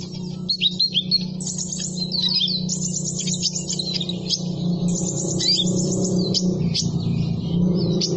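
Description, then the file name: Sunbird song: quick high twitters and sharp chirps in dense bursts with short gaps, above a constant low droning hum. Sunbird sound intended for luring birds and provoking them to call. "suara burung madu untuk memancing bunyi"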